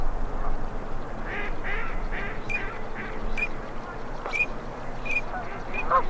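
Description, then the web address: Ducks giving a run of harsh rasping quacks and several short clear whistled notes, over a low rumbling background. Male and female migratory ducks. "Male and female migratory ducks. صدای-مرغابی-های-مهاجر-نر-و-ماده"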